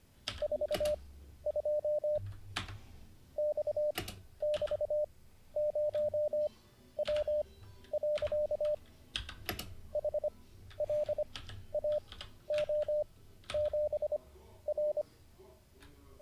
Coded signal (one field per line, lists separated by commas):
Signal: Morse code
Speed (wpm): 25 wpm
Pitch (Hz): 600 Hz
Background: none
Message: 42 X<BT>0W. HLAO7R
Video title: N0SSC Learns Morse Code (Day 49) [Livestream]